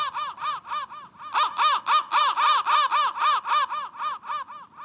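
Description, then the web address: Crow cawing: rough, arching notes repeated rapidly, quieter at first and then louder and steady through the middle before easing slightly. "soundfactory crow"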